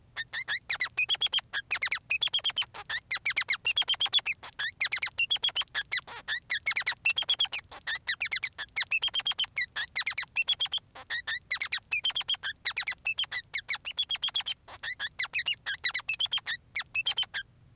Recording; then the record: song of a male Bengalese finch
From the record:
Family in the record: son of father 3